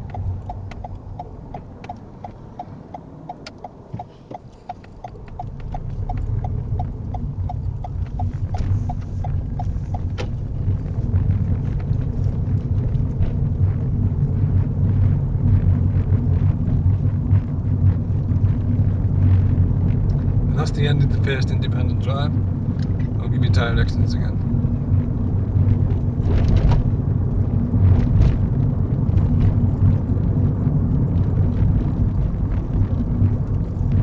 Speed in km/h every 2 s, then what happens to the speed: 0, 5, 13, 16, 19, 26, 31, 29, 34, 37, 37, 39, 39, 42, 42, 42, 40.
0-18 pulls away to 37. 18-34 steady at about 39.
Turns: none.